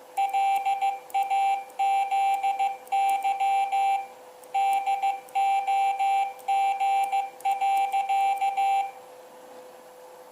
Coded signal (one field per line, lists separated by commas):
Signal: Morse code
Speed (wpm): 15 wpm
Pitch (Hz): 790 Hz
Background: none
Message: LAZY DOG.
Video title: OsKyr - Old-School Keyer, part 2 of 2